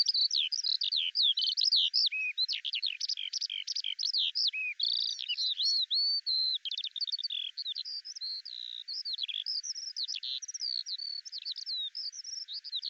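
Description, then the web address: Bird song, a fast continuous stream of varied high chirps, whistles and trills, with rapidly changing notes and few pauses throughout. "Deverinetal 2025 File cleaned normalized Bird Al Ar"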